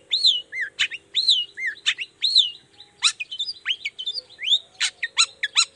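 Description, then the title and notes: Long-tailed shrike song, a busy run of arched whistles, downslurred notes and sharp clicks in quick varied succession, over a steady low hum. Long-tailed shrike in full song (gacor) in the morning, singing the 'toet toet' variation; said to prompt other shrikes to answer. "Cendet Gacor Dor Di Kala Pagi Toet Toet Variasi Suara. Cendet Gacor Pagi Hari Biangnya Bikin Cendet Manapun Langsung On Nyaut Buka Materi. Burung cendet"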